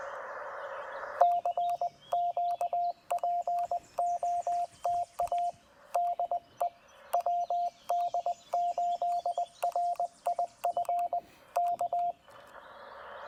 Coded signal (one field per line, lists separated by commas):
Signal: Morse code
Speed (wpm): 20 wpm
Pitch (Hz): 700 Hz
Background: radio noise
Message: CQ POTA DE WD8RIF K